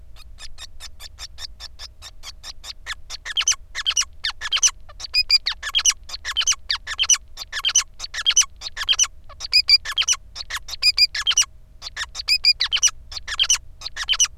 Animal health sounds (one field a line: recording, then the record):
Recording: song of a male Bengalese finch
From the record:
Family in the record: son of father 5